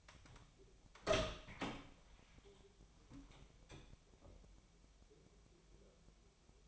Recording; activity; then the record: daily activity, microphone in the room; open door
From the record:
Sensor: 1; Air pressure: 1007.6 hPa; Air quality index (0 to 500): 194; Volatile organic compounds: 18 ppm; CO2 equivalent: 2628 ppm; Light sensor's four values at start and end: 13/32/13/14 and 13/33/13/15